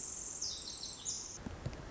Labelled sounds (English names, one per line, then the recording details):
Pacific Wren
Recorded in Sonoma County, California